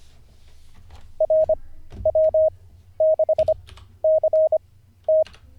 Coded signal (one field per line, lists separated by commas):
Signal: Morse code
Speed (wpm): 25 wpm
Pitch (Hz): 630 Hz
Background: none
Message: RW6CT